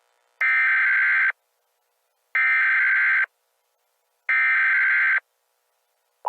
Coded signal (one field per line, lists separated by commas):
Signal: Emergency Alert System (SAME) tones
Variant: header bursts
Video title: Annexed: An EAS Scenario